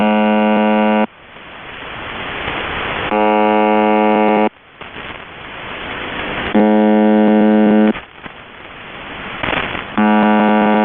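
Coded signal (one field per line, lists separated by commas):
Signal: channel marker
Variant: UVB-76 (The Buzzer)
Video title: The Buzzer (4625khz) - Live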